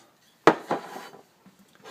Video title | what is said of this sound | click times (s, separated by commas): Install 3D MastGate Inserts | roll it down, it snaps into place. | 0.5 s